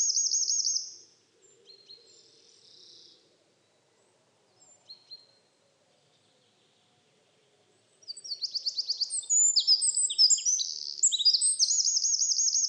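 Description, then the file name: Eurasian wren song: a trill ends, then a quiet gap with faint soft notes, before a second loud, fast cascade of high notes and trills begins about eight seconds in. "Troglodytes troglodytes"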